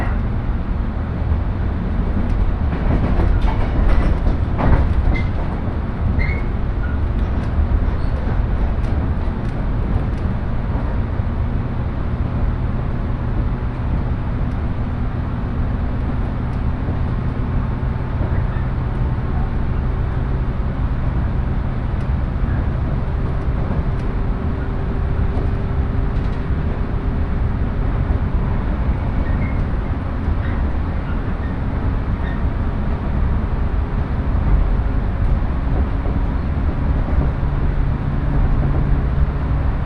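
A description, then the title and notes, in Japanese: A Shinano Railway / Hokuriku Shinkansen ride from Komoro through Ueda to Nagano: a steady, heavy low rumble of the train running throughout, with faint whining tones that rise and fall. Brief clicks and knocks cluster around four to ten seconds. しなの鉄道・北陸新幹線 小諸→上田→長野。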